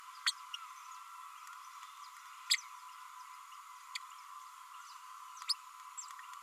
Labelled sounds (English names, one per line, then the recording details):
Green-rumped Parrotlet babbling
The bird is a male
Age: 33 days
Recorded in a nest box in Venezuela
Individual 17B32A6